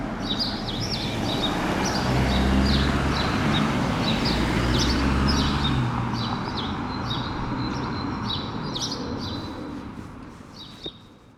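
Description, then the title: Sparrow chirps keep up a rapid, busy chatter while a loud vehicle rumbles by, then the street noise fades. Rue Keyenveld, Ixelles, Brussels, Belgium, an urban street with cars and people passing by; recorded with Lom Usi Pro microphones into a Zoom F6. "Rue Keyenveld, Ixelles, Bruxelles-Capitale, Belgique - Sparrows - moineaux"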